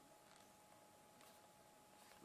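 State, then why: Not seated. A plastic flight battery pack is pushed into the body of a small folding SimToo Moment II (007PRO) GPS pocket drone, with a short soft bump at about 1.2 s over a steady low hiss. No click is heard from this side, and the battery has not clicked into place, so it stays loose and can come off easily.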